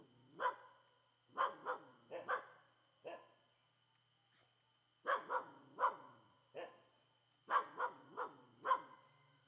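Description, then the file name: Dog: repeated harsh barking from dogs in quick clusters of three or four, pausing briefly between rounds, with a faint steady tone in the background. Several dogs barking loudly in a quiet street in Comunidade do Moinho. "Cachorros Latindo forte em rua pouco movimentada na Comunidade do Moinho"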